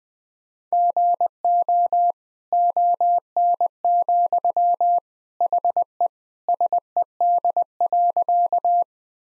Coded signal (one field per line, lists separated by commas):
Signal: Morse code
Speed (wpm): 20 wpm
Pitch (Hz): 700 Hz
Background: none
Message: GO ON, HE SED.